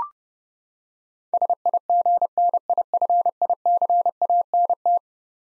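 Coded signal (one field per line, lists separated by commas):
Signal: Morse code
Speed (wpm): 30 wpm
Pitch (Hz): 700 Hz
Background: none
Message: SIGNIFICANT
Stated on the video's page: Eleven-letter words sent at 30 wpm for head-copy practice, each word sent twice.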